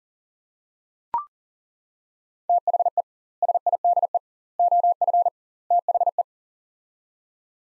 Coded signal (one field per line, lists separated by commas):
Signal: Morse code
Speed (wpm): 40 wpm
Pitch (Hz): 700 Hz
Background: none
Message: THE SIDE OF THE